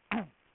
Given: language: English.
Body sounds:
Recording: throat vibration sensor signal played as sound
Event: throat clearing

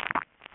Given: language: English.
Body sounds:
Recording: throat vibration sensor signal played as sound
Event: swallow

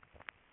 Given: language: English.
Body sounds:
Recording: throat vibration sensor signal played as sound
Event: swallow

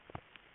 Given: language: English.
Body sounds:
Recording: throat vibration sensor signal played as sound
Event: swallow

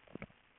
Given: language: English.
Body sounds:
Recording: throat vibration sensor signal played as sound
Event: swallow

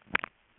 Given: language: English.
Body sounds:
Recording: throat vibration sensor signal played as sound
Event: swallow

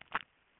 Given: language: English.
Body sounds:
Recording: throat vibration sensor signal played as sound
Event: swallow

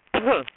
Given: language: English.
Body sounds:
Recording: throat vibration sensor signal played as sound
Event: cough

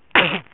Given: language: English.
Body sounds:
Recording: throat vibration sensor signal played as sound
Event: cough

